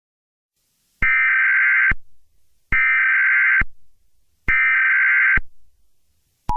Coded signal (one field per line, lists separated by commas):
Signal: Emergency Alert System (SAME) tones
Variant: header bursts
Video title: SCP Containment Breach, EAS Scenario